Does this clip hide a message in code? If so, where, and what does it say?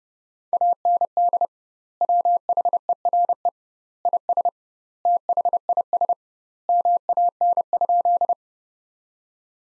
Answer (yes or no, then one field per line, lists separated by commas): yes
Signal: Morse code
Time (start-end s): 0.5-8.3 s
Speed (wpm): 30 wpm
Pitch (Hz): 700 Hz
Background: none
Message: AND WHERE IS THIS MAN?